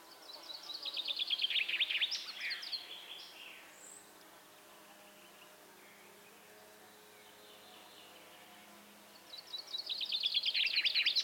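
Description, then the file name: Common chaffinch song: a bright trilled phrase ending in a flourish, about six seconds of quiet, then a second trill that runs on to the end. "Fringilla coelebs"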